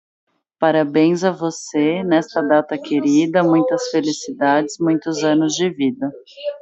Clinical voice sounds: short text; Brazilian Portuguese; female; 30 to 39 years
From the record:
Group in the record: control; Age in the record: 34 years

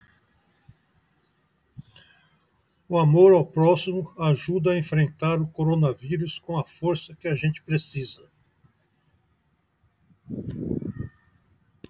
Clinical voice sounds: spoken sentence; Brazilian Portuguese; male; 60 to 69 years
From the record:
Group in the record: control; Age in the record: 64 years

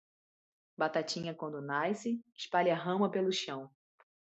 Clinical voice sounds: short text; Brazilian Portuguese; female; 20 to 29 years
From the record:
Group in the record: control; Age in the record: 26 years

